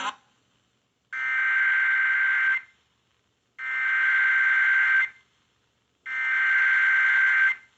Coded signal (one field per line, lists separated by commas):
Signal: Emergency Alert System (SAME) tones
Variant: header bursts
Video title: WCOS uses NWSCAP?! | EAS #1-13 (1/4-5/2023)